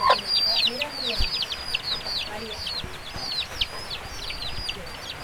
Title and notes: Pollitos (Guayubira y La Estiba). Mapa sonoro de Uruguay, 2018, La Guayubira pollitos un día de lluvia